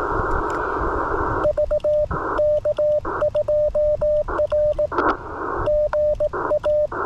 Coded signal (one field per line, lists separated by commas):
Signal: Morse code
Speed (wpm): 18 wpm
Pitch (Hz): 600 Hz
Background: radio noise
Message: VK2R GA